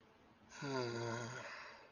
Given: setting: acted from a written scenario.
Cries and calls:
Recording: vocal sound without words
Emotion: guilt

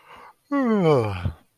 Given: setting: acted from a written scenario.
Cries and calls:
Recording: vocal sound without words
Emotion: contentment

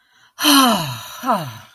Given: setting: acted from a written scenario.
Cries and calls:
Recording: vocal sound without words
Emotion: relief

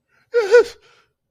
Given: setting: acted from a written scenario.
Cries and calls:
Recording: vocal sound without words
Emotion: fear

